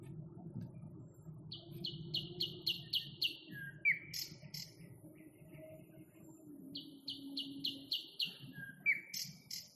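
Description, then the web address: Nightingale song: two phrases, each a fast run of repeated metallic notes ending in a slurred whistle, with low rumble beneath. Nightingale song recorded in May 2021. "spiew-slowika-2021-maj-spiew-slowika"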